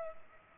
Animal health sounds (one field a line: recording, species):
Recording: mosquito wingbeat signal from an infrared sensor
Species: Culex pipiens